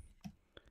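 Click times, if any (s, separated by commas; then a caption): 0.6 s. A plastic wheel and hub cap are pushed hard onto the metal axle of a model pod vehicle for a DeAgostini Build Your Own Thunderbird 2 kit, pressed firmly because the axle is metal, not plastic. A soft knock at 0.2 s is followed by a short, sharp snap at 0.6 s and a faint tick at 0.7 s. The wheel and hub cap seat fully on the axle, and that set of wheels is done.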